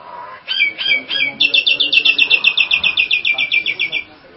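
Nias hill myna song: a few harsh chattering notes, then a fast, even series of loud metallic notes repeated about four times a second, slightly falling in pitch.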